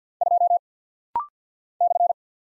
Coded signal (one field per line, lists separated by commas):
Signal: Morse code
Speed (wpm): 49 wpm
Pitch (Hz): 700 Hz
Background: none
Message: 2 /